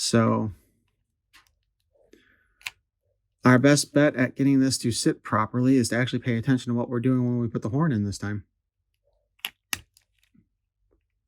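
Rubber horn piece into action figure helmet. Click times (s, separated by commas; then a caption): 9.7 s. Someone talks while carefully pushing a rubber unicorn-horn piece through an action figure's plastic helmet so it holds in place, with a few faint handling taps before the fit. After the talking stops, the horn seats with a sharp, satisfying click at 9.7 s.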